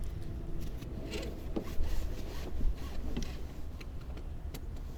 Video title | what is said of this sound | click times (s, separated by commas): 762 Pre trip | jump in pull our belt across until we hear the click | 4.6 s